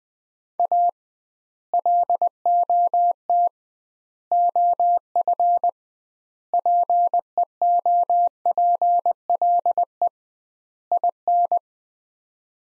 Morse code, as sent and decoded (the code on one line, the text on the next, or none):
.- / .-.. --- - / --- ..-. / .--. . --- .--. .-.. . / .. -.
A LOT OF PEOPLE IN